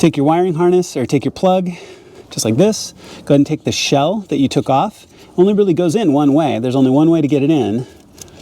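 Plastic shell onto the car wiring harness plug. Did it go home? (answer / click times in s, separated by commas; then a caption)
no / none. A man talks throughout while handling a plastic connector shell and a BMW X3 wiring harness plug during a remote starter install; the shell fits only one way. A few faint handling ticks come at the very end, but nothing has seated or clicked yet.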